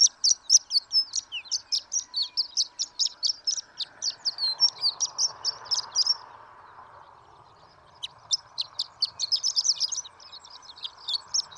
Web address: birdsongforthecurious Horned Lark